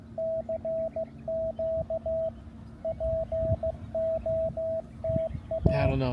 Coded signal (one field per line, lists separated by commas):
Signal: Morse code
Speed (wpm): 15 wpm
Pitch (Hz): 650 Hz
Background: speech, radio noise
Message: CQ POTA